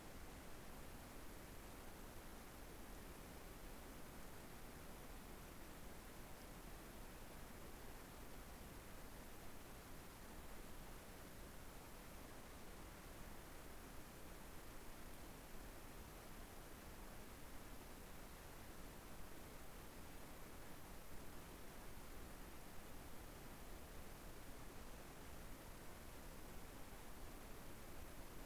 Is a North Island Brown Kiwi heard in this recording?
no